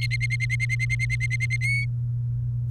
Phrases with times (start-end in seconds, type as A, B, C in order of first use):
0.01-1.56 A, 1.61-1.85 B